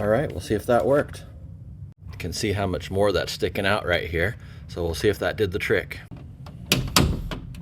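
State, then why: Seated. Someone talks while a bedroom door, raised with thicker cardboard shims behind the hinge, is swung shut. Two loud thunks at 6.7 s and 7.0 s mark the door latch bolt catching in the door frame's strike plate, and the door now latches.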